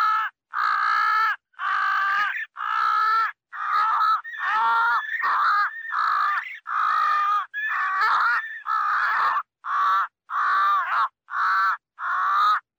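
Crow calling with a continuous series of raspy caws, some strained and wavering in pitch, roughly one per second.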